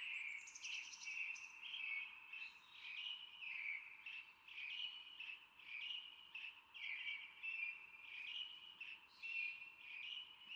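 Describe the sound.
Brown Thrasher song: a continuous flow of varied, slurred phrases, fairly quiet over a constant background hiss.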